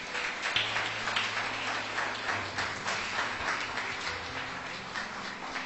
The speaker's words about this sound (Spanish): Así es que den un aplauso fuerte al Señor de nuevo.